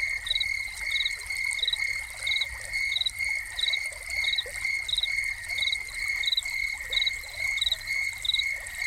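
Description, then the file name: Rhythmic cricket chirping, each chirp a tiny pulsed burst, recurring steadily above a constant high-pitched trill while water patters faintly in the background. Crickets recorded together with a fountain. "Crickets and Fountain"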